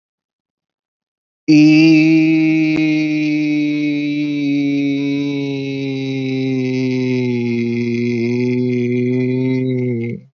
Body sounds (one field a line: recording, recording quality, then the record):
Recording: sustained vowel as in beet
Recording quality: excellent, no background noise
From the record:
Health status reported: healthy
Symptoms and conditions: none ticked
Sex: male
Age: 27 years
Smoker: not ticked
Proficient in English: yes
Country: India